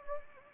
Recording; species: mosquito wingbeat signal from an infrared sensor; Anopheles gambiae